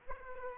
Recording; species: mosquito wingbeat signal from an infrared sensor; Aedes aegypti